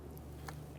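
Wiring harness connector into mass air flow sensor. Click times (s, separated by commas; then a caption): 0.5 s. The wiring harness electrical connector is pushed onto the new mass air flow sensor on the intake duct of a 2011-2019 Ford Explorer 3.5L V6, which has a red lock tab, over a steady low hum. A faint tick comes at 0.2 s, then a sharp click at 0.5 s as the connector seats into place.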